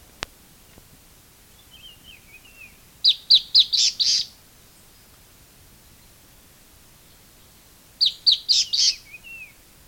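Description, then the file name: Bird chirping in two quick bursts of four to five sharp high notes, several seconds apart, with a faint thin descending twitter before the first and after the second. "SABIOD 50 bird 2015"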